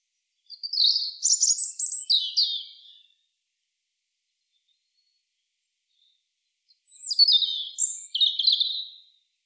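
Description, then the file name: European robin song, two separate bursts of high, thin warbling notes with quick trills and slurred whistles, a silent gap of about four seconds between them. "Erithacus rubecula"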